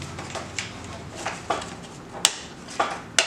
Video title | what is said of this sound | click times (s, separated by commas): Budget LED markers for your Jeep! | There, heard the clicks. | 2.2 s, 3.2 s